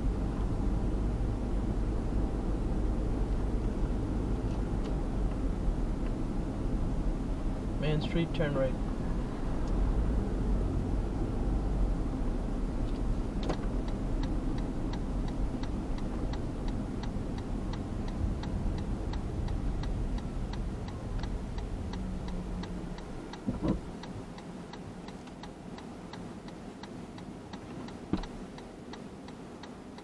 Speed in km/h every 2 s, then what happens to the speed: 25, 29, 29, 29, 28, 30, 29, 30, 27, 21, 14, 0, 0, 0, 0.
0-15 steady at about 29. 15-22 brakes to 0. 22-30 standing.